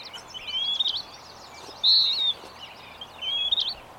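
Bird song: a clear high whistle near the middle flanked by shorter rising whistled phrases, set against busy background twittering.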